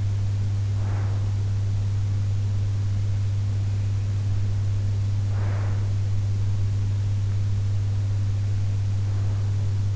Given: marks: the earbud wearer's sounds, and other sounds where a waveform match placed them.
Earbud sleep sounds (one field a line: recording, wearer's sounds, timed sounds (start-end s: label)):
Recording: sounds in sleep by an in-ear microphone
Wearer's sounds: breath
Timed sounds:
0.00-2.74 s: breath
4.88-6.15 s: breath